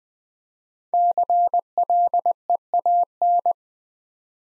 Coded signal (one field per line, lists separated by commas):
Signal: Morse code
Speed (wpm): 20 wpm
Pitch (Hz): 700 Hz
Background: none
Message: CLEAN